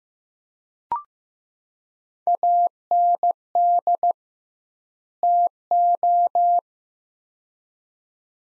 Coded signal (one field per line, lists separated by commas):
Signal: Morse code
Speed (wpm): 15 wpm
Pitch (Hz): 700 Hz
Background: none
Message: AND TO